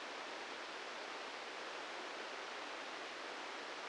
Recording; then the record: brain microelectrode recording played as sound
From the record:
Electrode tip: inside the subthalamic nucleus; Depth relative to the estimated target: -3 mm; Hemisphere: right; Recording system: NeuroSet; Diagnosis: Parkinson's disease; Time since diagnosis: 13 years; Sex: male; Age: 65 years